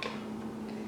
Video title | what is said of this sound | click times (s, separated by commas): Yes YOU Can Open a Can EASILY | you hear it snap. | 0.0 s